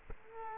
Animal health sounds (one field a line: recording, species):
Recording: mosquito wingbeat signal from an infrared sensor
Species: Culex quinquefasciatus